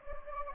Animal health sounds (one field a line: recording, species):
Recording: mosquito wingbeat signal from an infrared sensor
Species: Anopheles gambiae